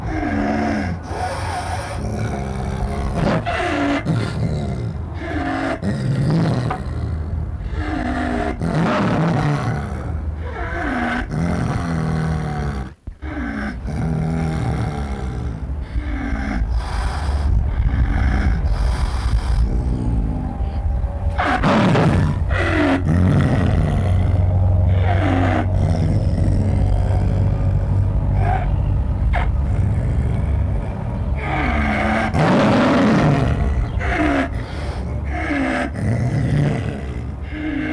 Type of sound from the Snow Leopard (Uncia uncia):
call